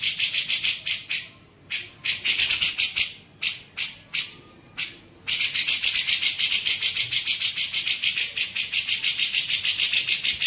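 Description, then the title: Grey-cheeked bulbul harsh chatter: a short run of rasping pulses, then broken, irregular buzzy notes, then a long unbroken run of rapid rasping pulses. Masteran training recording made for teaching songbirds. "MASTERAN CUCAK JENGGOT"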